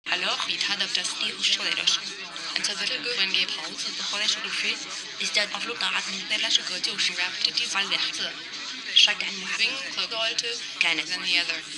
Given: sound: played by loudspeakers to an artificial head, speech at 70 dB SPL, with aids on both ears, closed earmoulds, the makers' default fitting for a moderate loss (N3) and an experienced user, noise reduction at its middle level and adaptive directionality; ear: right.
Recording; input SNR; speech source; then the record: speech test signal (ISTS) in cocktail-party noise; 0 dB; on the right (90 degrees)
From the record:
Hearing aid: class 1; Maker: B